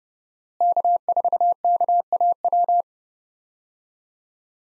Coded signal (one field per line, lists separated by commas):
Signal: Morse code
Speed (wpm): 30 wpm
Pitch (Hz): 700 Hz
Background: none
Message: K4KAW